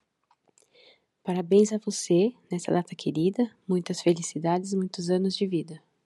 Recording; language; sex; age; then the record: short text; Brazilian Portuguese; female; 30 to 39 years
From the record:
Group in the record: control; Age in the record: 35 years